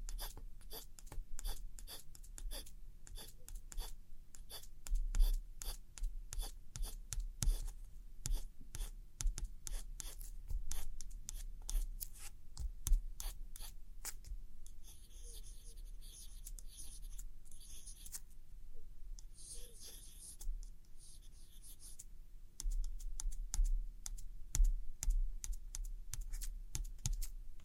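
Tracing and gentle scratchy tapping on old postcards: dense, irregular light taps and scrapes, with stretches of soft rubbing midway, over a low steady hum.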